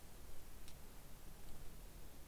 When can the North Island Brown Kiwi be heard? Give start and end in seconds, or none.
none